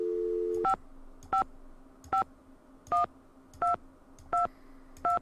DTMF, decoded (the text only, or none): 5551222